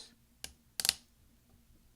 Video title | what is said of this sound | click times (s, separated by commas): F2 key replacement on the 13" Macbook Pro Unibody Core 2 Duo 2.26 Ghz | going to use your finger and just push down till you hear some snaps maybe | 0.4 s, 0.8 s, 0.9 s